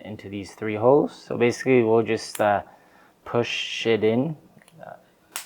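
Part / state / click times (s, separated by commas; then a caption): plastic letter piece pressed into a starship model frame / seated / 5.4 s. Someone talks while a small plastic letter piece with three pins on its back is lined up with three holes in a starship model frame and pushed in. A few faint ticks are followed by a sharp click at 5.4 s as the model kit part seats in place.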